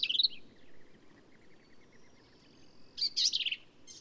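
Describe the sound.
Black-capped vireo song: a brief squeaky phrase, then faint repeated chips, then a louder jumbled burst of high, scratchy notes.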